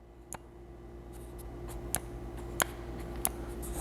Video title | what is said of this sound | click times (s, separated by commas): MTM PF22 Foam Cannon Review - Best Foam Cannon for Car Detailing - Car Wash Tips and Tricks | so you can hear it click we're shooting vertical right now click | 0.3 s, 2.0 s, 2.6 s, 3.3 s